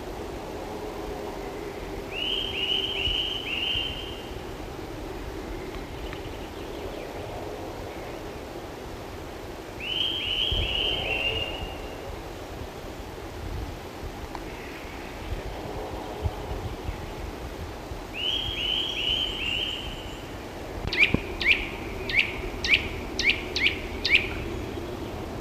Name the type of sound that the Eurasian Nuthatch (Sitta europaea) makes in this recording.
song